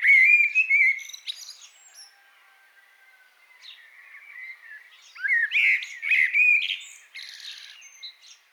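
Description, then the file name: Common blackbird giving a fluty whistled phrase, a soft drawn-out note, then a louder varied warble with high squeaky twitters. "Turdus merula"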